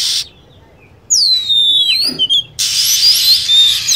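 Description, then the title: Lovebird sounds: a piercing whistled note that curves downward, followed by a burst of harsh, raspy high chatter. Lure sound for attracting lovebirds. "PIKAT BURUNG LOVEBIRD"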